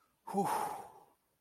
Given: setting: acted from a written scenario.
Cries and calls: vocal sound without words; ecstasy

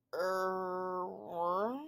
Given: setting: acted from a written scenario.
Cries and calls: vocal sound without words; shame

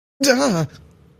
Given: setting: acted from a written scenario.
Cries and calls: vocal sound without words; negative surprise

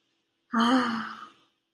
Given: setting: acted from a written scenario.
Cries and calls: vocal sound without words; ecstasy

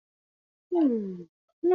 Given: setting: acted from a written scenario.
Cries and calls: vocal sound without words; neutral

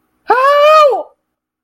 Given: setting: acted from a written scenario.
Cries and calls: vocal sound without words; pain

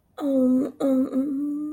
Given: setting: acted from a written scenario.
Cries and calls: vocal sound without words; sympathy

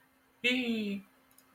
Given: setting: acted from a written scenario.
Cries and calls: vocal sound without words; positive surprise

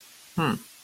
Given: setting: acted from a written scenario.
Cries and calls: vocal sound without words; neutral

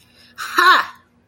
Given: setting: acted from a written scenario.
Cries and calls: vocal sound without words; triumph

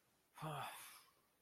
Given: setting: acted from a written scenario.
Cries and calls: vocal sound without words; guilt

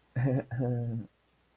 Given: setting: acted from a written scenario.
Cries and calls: vocal sound without words; embarrassment

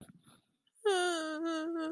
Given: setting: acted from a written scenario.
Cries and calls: vocal sound without words; sadness

